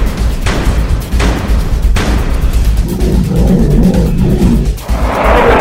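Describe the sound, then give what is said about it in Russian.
A furious, beast-like roar over a steady, deep rumble, broken by three heavy crashing impacts early on, as a monstrous creature tries to throw aside a cabinet blocking a corridor. A growling, bellowing stretch follows, then a harsh noisy surge at the end. No voices. “Сзади яростный рев и грохот.”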